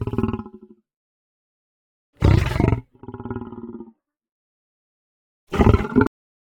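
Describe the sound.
Lion snarls in three rough, breathy bursts with a low growling tail after the second, separated by silent gaps of about one to two seconds.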